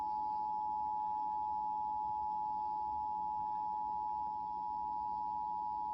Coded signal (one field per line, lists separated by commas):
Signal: Emergency Alert System (SAME) tones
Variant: 853 and 960 Hz attention tone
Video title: Tornado Warning | EAS #179 (FAILED)